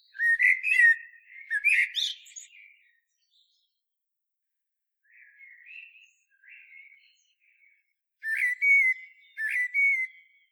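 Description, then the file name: Common blackbird singing loud fluty whistled phrases, then softer quiet warbles, then two more loud whistled phrases with high twitters. "Turdus merula"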